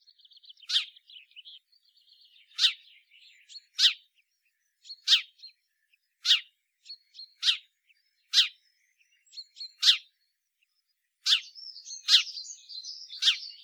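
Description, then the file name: House sparrow chirps repeated irregularly, about a dozen sharp notes with brief pauses, and quiet twittering that grows busier toward the end. "Passer domesticus"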